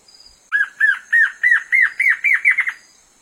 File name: Canto da choca de crista preta